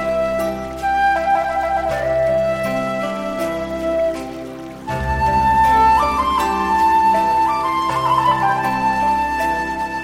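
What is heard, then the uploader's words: A Chinese-inspired instrumental plays with a bright, lilting melody over held chords and a soft low bass. Around the five-second mark the music dips briefly, then returns fuller, with a deeper pulsing bass and a higher, sustained lead line. Chinese New Year - Relaxing Sleep Music Inspired by Ancient China.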